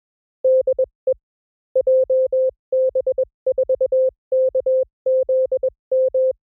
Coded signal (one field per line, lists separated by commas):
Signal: Morse code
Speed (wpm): 21 wpm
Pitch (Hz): 520 Hz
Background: none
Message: DE JB4KZM